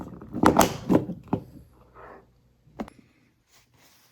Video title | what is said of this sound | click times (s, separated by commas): Part 1 - How to 3D Print and Build the Millennium Falcon | heard that snap into place | 0.5 s